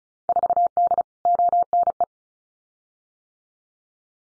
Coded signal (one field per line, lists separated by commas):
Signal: Morse code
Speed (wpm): 34 wpm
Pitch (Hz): 700 Hz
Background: none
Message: 4D ONE